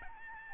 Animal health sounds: mosquito wingbeat signal from an infrared sensor; Aedes albopictus

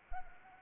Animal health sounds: mosquito wingbeat signal from an infrared sensor; Anopheles arabiensis

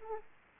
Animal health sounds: mosquito wingbeat signal from an infrared sensor; Aedes aegypti

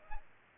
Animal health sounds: mosquito wingbeat signal from an infrared sensor; Aedes aegypti

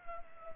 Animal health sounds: mosquito wingbeat signal from an infrared sensor; Culex pipiens

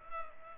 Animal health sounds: mosquito wingbeat signal from an infrared sensor; Culex pipiens

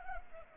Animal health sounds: mosquito wingbeat signal from an infrared sensor; Culex pipiens

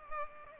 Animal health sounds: mosquito wingbeat signal from an infrared sensor; Culex pipiens

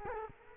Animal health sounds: mosquito wingbeat signal from an infrared sensor; Culex quinquefasciatus

